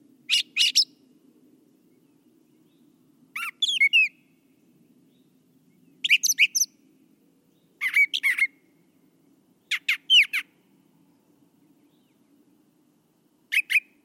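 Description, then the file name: Brown thrasher song: varied harsh and squeaky phrases, each often doubled, delivered in short bursts every two to four seconds, with a faint low hum underneath. "suara kicauan brown thrasher. omkicau"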